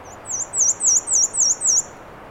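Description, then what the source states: Black-and-white warbler giving a high, thin song of about six evenly spaced squeaky notes, each swooping down and up, against soft hiss. 13 June 2017 at 9:54 am on the Alder Trail, Schoodic Division, Acadia National Park; Fostex FR2 recorder with Sennheiser ME 66 microphone; edited, level-adjusted, trimmed and high-pass filtered.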